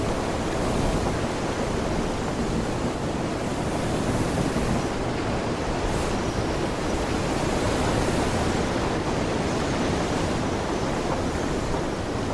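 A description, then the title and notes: Waves wash against a ship's hull in a thick, unbroken rush that fills everything from low rumble to bright hiss. The level holds steady throughout, with only slight swells in the surge and no distinct separate events standing out. Sailing On a Pirate Ship: Adventure on the High Seas.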